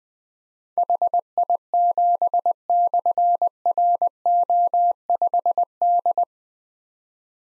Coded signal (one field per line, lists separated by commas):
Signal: Morse code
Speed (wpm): 20 wpm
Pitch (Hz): 700 Hz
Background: none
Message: HI7/RO5D